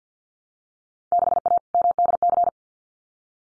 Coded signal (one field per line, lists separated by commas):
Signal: Morse code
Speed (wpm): 48 wpm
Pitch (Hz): 700 Hz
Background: none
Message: 6A MDC